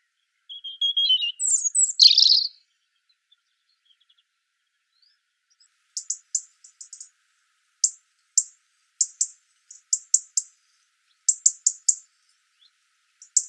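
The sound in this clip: European robin: bird song phrase of high twittering and a sharp sweeping note, followed by a long series of short, very high ticking notes in irregular groups.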